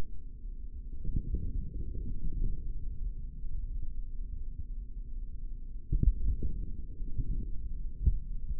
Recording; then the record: forearm muscle sounds (acoustic myography)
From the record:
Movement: forearm pronation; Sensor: system 3, bracelet of six PUI Audio POM-2738L microphones around the upper forearm, with dedicated amplification and filtering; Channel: 4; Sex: male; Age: 25 years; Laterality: right